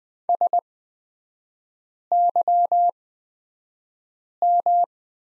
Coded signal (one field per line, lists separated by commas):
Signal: Morse code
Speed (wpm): 20 wpm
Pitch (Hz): 700 Hz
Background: none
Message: SYM